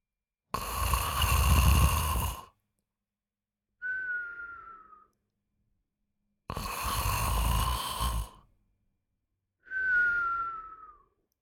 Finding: Male Snore.